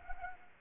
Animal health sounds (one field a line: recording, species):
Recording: mosquito wingbeat signal from an infrared sensor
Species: Anopheles gambiae